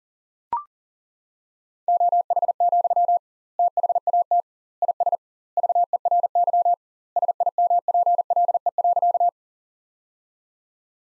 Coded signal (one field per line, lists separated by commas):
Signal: Morse code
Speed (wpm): 37 wpm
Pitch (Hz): 700 Hz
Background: none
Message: OH, THAT IS VERY SIMPLE.